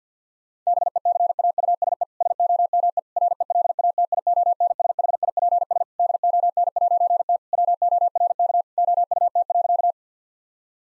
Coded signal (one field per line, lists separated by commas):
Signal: Morse code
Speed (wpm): 50 wpm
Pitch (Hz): 700 Hz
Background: none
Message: BECAUSE SOME RELATIONSHIPS DON'T WORK OUT.